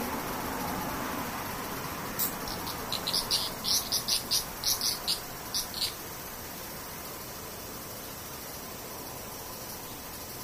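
A cicada calls over a steady, hissing background drone with a thin high whine running throughout. From about two to six seconds, bright, buzzy pulses repeat quickly and evenly, about three per second, then stop, leaving only the even hiss for the rest.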